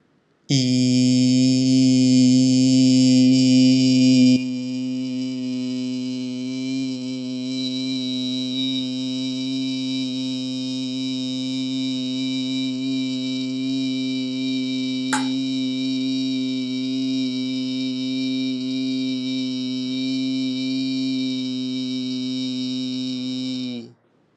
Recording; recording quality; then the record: sustained vowel as in beet; excellent, no background noise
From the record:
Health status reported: COVID-19 positive, mild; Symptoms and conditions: cough, cold, sore throat, fever, fatigue, muscle pain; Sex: male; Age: 25 years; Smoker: not ticked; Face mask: not worn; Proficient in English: yes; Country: India